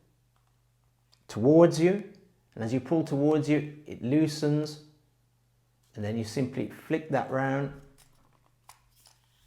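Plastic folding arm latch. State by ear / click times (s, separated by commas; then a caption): seated / 8.7 s. Someone talks while the folding arm of a Zhiyun Smooth-X phone gimbal selfie stick is pulled outward to loosen it and flicked round into its unfolded position. A sharp click at 8.7 s marks the arm locking into place.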